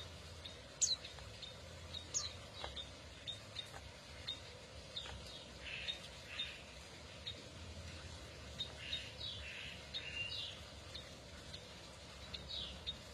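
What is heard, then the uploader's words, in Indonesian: A canary sings in bursts of quick chirps and trills, its bright notes clustered high and recurring every second or so across the clip. Sharp clicks stand out near the start, and a steady low hum sits underneath throughout. TERAPI KENARI MACET. Kenari F1 Ys.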